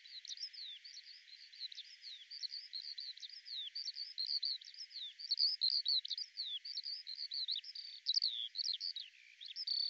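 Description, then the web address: Skylark song pouring out steadily: quick high chirps and slurred notes strung together in a breathless, ceaseless warble. "cianscape birddata Deverinetal 2025 Bird Al Ar"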